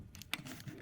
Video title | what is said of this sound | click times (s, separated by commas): ASMR Preparing a professional camera for you (Sony FX9) | And it snaps right in. | 0.3 s